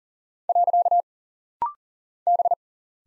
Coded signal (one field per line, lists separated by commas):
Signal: Morse code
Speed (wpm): 42 wpm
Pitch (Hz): 700 Hz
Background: none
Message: . B